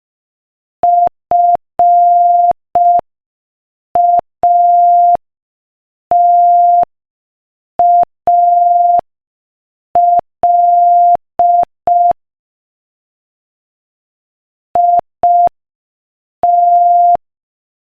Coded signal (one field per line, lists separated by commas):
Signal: Morse code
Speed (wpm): 5 wpm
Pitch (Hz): 700 Hz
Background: none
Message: FATAL IT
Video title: Morse Code Practice: 5 wpm Inspirational Quote 15